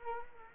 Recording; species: mosquito wingbeat signal from an infrared sensor; Anopheles arabiensis